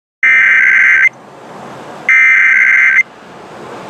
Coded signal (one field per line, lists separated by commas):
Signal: Emergency Alert System (SAME) tones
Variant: header bursts